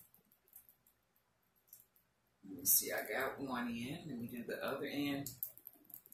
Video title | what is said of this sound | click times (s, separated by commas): Short On Time? FREETRESS BUN & A BANG ~ JORD WATCH CONTEST PROMO CLOSES 8/25/2018 #iamacreator | Pop. And when you hear that little click, it's locked. | 5.9 s